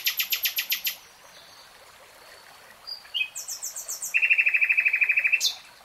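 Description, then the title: Nightingale song: a burst of hard repeated clicks, a pause, scattered chirps, then a fast loud rattling trill of evenly spaced notes. Nightingale singing, in real time. "[Tiếng chim hót] REALTIME Nightingale Singing"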